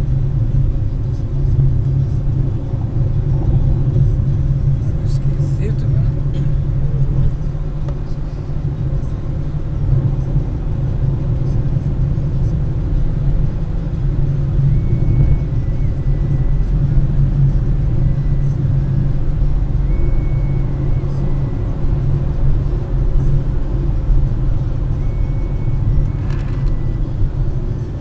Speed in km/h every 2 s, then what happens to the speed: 113, 117, 121, 126, 130, 135, 138, 138, 141, 143, 145, 141, 132, 124.
0-19 speeds up to 145. 19-28 slows to 124.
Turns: none.